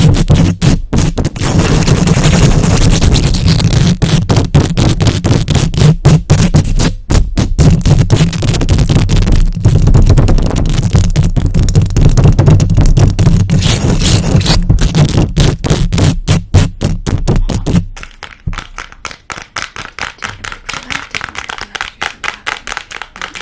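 Fast, aggressive scratching and tapping on a microphone, dense and rough with a heavy low rumble, thinning into quieter sharp taps after eighteen seconds.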